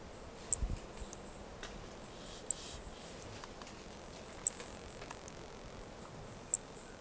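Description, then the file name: Brachycephalus toadlet calling: short, very high clicky notes repeated about every two seconds over a low steady background hiss. Two individuals (4 and 5) of an unidentified Brachycephalus species, recorded at Corcovado. "Brachycephalus sp ind 4 ind 5 Corcovado two starting notes lost"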